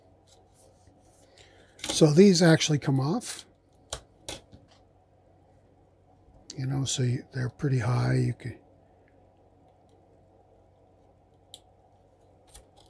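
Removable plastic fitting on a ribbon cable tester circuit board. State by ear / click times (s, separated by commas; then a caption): seated / 11.5 s. Someone talks while handling a removable, fairly tall part of a Ms. Pac-Man/Donkey Kong ribbon cable tester board, with a couple of sharp ticks around 3.9 s and 4.3 s. After a quiet stretch, the part is pushed back on and gives one sharp snap at 11.5 s, clicking into place on the tester board.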